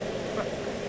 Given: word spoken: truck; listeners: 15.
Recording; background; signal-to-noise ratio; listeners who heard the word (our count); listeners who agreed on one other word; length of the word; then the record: one English word in noise, from a listening test; speech-shaped noise; -6.0 dB; 1 of 15; 9 of 15; 0.49 s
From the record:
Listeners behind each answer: 9, 2, 1, 1, 1, 1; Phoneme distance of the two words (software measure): 20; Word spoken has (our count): 1 syllable, 4 phonemes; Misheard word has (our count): 1 syllable, 4 phonemes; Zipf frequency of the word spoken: 4.22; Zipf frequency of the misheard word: 3.45